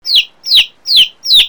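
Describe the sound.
Chicken chick peeping: four loud, high whistled peeps, each sliding downward in pitch, repeated about every 0.4 seconds with no other sounds.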